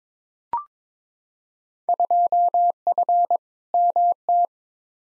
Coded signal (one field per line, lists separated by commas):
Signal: Morse code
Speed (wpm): 22 wpm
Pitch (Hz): 700 Hz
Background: none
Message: 2F MT